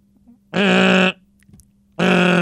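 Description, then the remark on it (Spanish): A hoarse, buzzy voice mimics a nuclear shelter alarm with two loud, flat, sustained blasts about half a second each, separated by a short pause, over a low steady hum. “Porque has puesto una voz ronca de alarma de refugio nuclear.”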